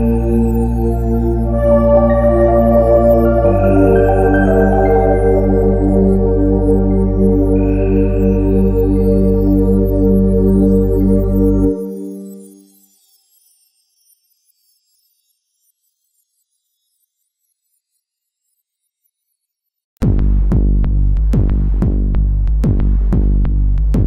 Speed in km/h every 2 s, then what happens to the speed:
11, 13, 15, 13, 11, 11, 13, 11, 6, 10, 13, 13.
0-24 steady at about 11.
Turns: none.